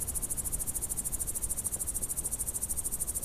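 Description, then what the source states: Eastern green bush-cricket chirping: a steady, very high-pitched stridulation pulsing rapidly and evenly without a break, over a low background rumble. Very exotic chirping beginning in August on Finland's south-eastern border; carries over 100 metres on calm summer nights; lush meadow edges, overgrown gardens, field margins and wetland edges.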